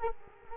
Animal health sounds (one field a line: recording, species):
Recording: mosquito wingbeat signal from an infrared sensor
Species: Culex quinquefasciatus